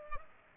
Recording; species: mosquito wingbeat signal from an infrared sensor; Culex pipiens